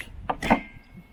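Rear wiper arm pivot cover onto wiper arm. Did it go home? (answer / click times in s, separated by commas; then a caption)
yes / 0.3 s. On a Freelander 2, the hinged plastic pivot cover on the rear wiper arm is flipped down over the freshly tightened arm nut and snaps into place with a sharp click at 0.3 s. A louder, broader handling noise follows right after. The cover is seated, and the wiper arm now sits firmly against the rear window.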